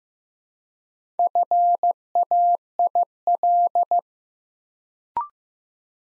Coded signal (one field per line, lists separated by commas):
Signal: Morse code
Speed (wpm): 15 wpm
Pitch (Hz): 700 Hz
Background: none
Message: FAIL